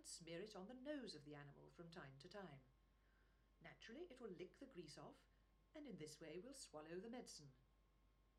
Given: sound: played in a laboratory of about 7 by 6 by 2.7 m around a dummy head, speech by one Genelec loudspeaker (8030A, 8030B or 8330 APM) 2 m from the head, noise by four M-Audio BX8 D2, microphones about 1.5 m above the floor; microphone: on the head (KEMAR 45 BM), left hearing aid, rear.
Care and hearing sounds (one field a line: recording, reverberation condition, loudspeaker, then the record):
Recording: female speech in English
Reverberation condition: low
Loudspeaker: 90 degrees to the left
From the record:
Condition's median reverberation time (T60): about 310 ms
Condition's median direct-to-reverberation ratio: about 3.5 dB